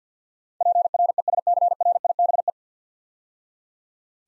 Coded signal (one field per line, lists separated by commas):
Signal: Morse code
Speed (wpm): 50 wpm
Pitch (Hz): 700 Hz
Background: none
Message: PRESCRIBE